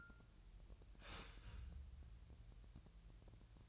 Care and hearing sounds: daily activity, microphone in the room; start toaster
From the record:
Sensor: 2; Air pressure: 1000.0 hPa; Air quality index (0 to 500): 149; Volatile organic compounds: 2 ppm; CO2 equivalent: 1257 ppm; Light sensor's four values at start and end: 26/64/27/29 and 26/64/27/29

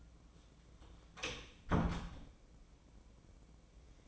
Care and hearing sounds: daily activity, microphone in the room; close door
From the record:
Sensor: 1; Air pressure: 1012.4 hPa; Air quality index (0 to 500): 164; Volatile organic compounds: 3 ppm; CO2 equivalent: 1351 ppm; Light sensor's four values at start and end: 580/1342/599/716 and 586/1356/605/723

